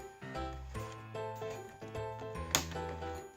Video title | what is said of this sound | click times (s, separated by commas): Laptop screen replacement /How to replace laptop screen [Gateway Nv55c57u] | you'll hear a click whenever it starts coming loose that's a good sign | 2.5 s